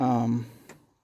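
A modified, cut piece of a secondhand Dell Optiplex 7040 computer case is handled near the slots it tucks into, while someone talks through the first half of the clip. A short, faint tap is heard at 0.7 s before the sound fades out. Nothing has seated or clicked yet.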